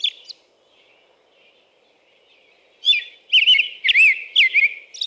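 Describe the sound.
American robin song: a brief opening note, a quiet pause, then a run of clear whistled, rising-and-falling phrases in quick succession near the end.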